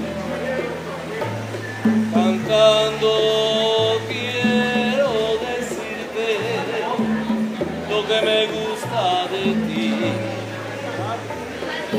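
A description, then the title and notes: Live music plays in the gardens of the Hotel Nacional in Havana, a steady walking bass and melody under continuous chatter. Los Musicos del Hotel Nacional en La Habana. An evening of music and warm caribbean breeze at the gardens of the Hotel Nacional in La Habana, Cuba.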